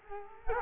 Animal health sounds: mosquito wingbeat signal from an infrared sensor; Culex quinquefasciatus

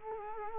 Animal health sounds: mosquito wingbeat signal from an infrared sensor; Culex quinquefasciatus

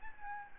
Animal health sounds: mosquito wingbeat signal from an infrared sensor; Aedes albopictus

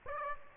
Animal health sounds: mosquito wingbeat signal from an infrared sensor; Aedes aegypti

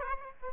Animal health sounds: mosquito wingbeat signal from an infrared sensor; Aedes aegypti

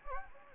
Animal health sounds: mosquito wingbeat signal from an infrared sensor; Anopheles gambiae

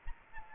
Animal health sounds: mosquito wingbeat signal from an infrared sensor; Aedes aegypti

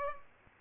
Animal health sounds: mosquito wingbeat signal from an infrared sensor; Culex pipiens

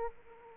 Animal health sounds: mosquito wingbeat signal from an infrared sensor; Aedes aegypti

